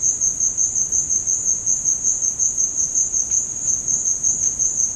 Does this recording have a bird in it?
no